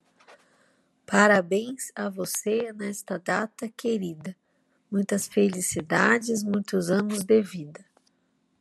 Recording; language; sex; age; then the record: short text; Brazilian Portuguese; female; 30 to 39 years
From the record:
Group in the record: control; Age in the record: 35 years